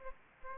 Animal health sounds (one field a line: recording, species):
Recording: mosquito wingbeat signal from an infrared sensor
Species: Aedes aegypti